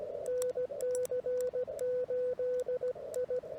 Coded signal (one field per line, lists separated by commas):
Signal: Morse code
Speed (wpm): 18 wpm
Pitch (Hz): 500 Hz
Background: radio noise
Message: NC8I